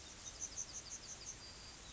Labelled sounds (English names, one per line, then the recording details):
Yellowhammer song
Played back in grassland
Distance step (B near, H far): F
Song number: 171